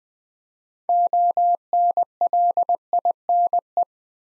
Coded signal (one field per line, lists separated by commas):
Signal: Morse code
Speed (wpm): 20 wpm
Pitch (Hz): 700 Hz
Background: none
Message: ONLINE